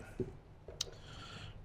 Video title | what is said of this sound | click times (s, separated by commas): Sony GS Plug & Play 8 Speaker Install - '15 - '18 Jeep JK Wrangler | get that plugged in hear that snap | 0.8 s